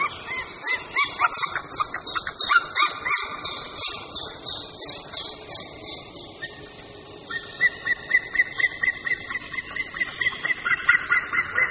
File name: Orel-mořský